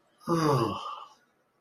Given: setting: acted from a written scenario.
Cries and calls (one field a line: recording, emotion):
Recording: vocal sound without words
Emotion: shame